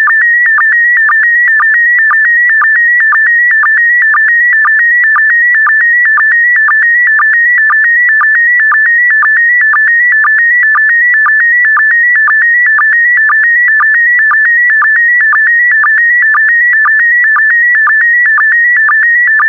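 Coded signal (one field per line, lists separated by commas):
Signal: SSTV (slow-scan television)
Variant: PD120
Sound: steady warbling tone near 1.9 kHz with a short low blip about twice a second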